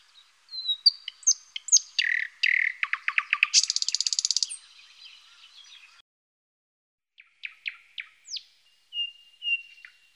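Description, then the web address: Thrush nightingale song with varied piping notes, a rapid repeated chop series, and a dry mechanical rattle, then a pause and a few sharp whistled notes. "Ptaki Glosy Slowik"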